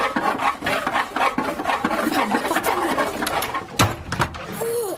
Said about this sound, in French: Voilà, derrière la porte, il y a quelqu'un qui scie un bout de chaise. Je crois que tu l'as vu. Non, alors c'est la vieille toute nue qui fait ses griffes. Qui est la vieille toute nue qui gratte comme un chat sur la porte.